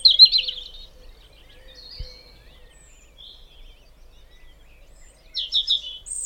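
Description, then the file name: European robin giving a short, high, tremulous warbled phrase, then a pause with faint thin notes, then another bright trilled phrase at the end. "Erithacus rubecula"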